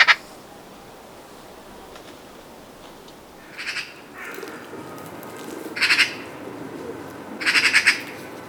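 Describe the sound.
Magpie calling with several short rattling chatters and a brief sharp note, with quiet background noise between them.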